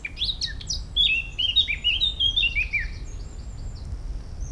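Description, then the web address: Eurasian blackcap singing a fast, varied phrase of sweet warbled and whistled notes that slide up and down, then fading into softer high notes. "pub SETE data Sylvia atricapilla"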